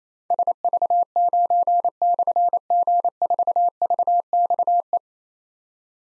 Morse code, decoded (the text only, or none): SV9/G4VXE